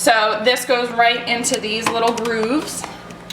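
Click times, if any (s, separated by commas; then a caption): none. Someone talks while handling the plastic safety locking arm of a Breville Juice Fountain Plus juicer, bringing it toward the little grooves on the juicer cover; the machine won't run unless this arm is locked. Nothing has seated or clicked into place yet.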